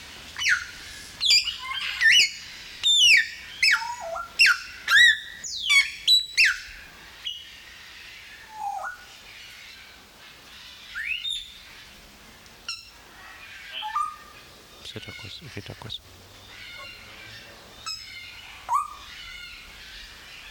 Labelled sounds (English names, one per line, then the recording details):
Grey Parrot
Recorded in captivity
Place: Zoo Berlin, Berlin, DE
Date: 1995-07-22 19:07
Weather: heiter, 20-22°C
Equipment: Sony WM-D6C, Sennheiser ME 80, Kopie Uher 4000 Report Monitor
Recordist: Tembrock, Günter
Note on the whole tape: Zwischen der Vasa-Aufnahme. Auch mit Imitation des Vasa